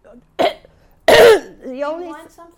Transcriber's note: clears throat